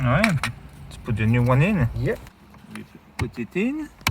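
A new dynamic turn-signal indicator for an Audi A3 / S3 / RS3 8V is handled against the plastic side-mirror housing while someone talks, with brief faint knocks around 2.5 and 2.8 seconds. Nothing has seated or clicked into place yet.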